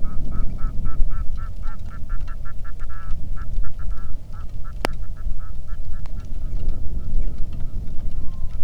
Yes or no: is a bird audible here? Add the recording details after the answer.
yes. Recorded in the Arctic National Wildlife Refuge, Alaska, on 3 August 2019 at 09:25. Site 46